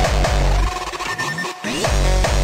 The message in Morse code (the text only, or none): none